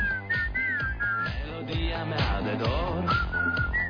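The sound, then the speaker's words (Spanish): Someone whistles a lively, wavering melody in clear high tones, carried over a full instrumental music backing that stays steady and fairly loud throughout. “Va de silbidos, ¿eh?”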